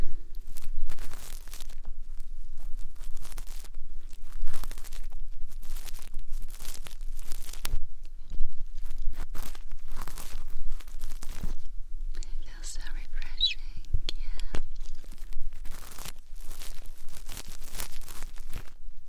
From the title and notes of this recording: ASMR Summer Night Ear Cleaning & Massage.